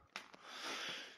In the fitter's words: je te le montre je sais c'est par terre à l'arrache donc là ça se clipse au compteur et